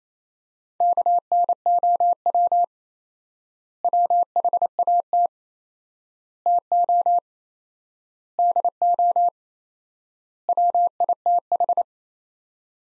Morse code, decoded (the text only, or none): KNOW WHAT TO DO WITH